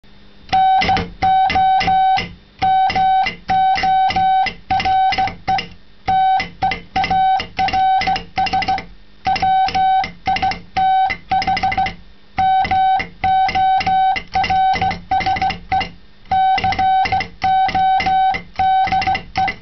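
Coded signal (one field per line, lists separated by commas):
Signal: Morse code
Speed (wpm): 16 wpm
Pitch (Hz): 760 Hz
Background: none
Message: NO MORE TEARS WITH MORSE CODE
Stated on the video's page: Morse code sent with an onion chopper converted into a CW key.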